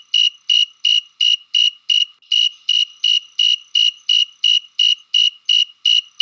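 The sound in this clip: Cricket chirping, a steady series of short high pulsed chirps about three per second, evenly spaced throughout, with nothing else audible.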